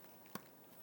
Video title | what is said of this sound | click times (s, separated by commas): iClever Bluetooth Kids Headphones, BTH12, Review and totarial | Don't forget you've got to do that little click, | 0.3 s